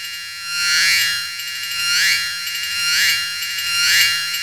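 Cicada song, a loud dense buzz with a pulsing whine that swells and fades about once a second, sweeping up in pitch on each pulse.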